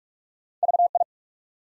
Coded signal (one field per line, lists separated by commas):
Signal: Morse code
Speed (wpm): 44 wpm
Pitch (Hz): 700 Hz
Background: none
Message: VI